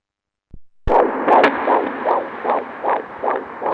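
Fetal heartbeat in the womb heard on a Doppler monitor: rapid whooshing pulses at about 140 beats per minute, sounding like a washing machine.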